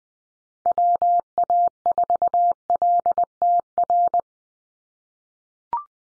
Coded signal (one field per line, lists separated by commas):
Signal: Morse code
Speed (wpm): 20 wpm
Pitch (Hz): 700 Hz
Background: none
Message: WA4LTR